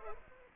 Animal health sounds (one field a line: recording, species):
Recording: mosquito wingbeat signal from an infrared sensor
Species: Culex pipiens